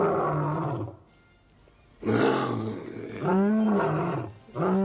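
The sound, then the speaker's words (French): A circus lion roars in loud, deep, rumbling bursts: one long roar, a short pause, then three more in quick succession, each rising and falling in pitch, with no voices. “Les lions bouffent des kebabs alors?”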